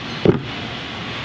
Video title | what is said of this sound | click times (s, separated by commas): Factory 1st Look at the 2020 T@G Max XL by NuCamp RV - w/"The Air Force Guy" | all it does is it snaps back in place now | 0.2 s